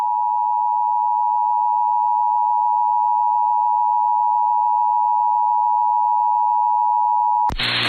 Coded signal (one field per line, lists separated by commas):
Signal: Emergency Alert System (SAME) tones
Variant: 853 and 960 Hz attention tone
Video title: SHORT AND SWEET... EAS Tests from May 2025 (EAS #5,799 - 5,813)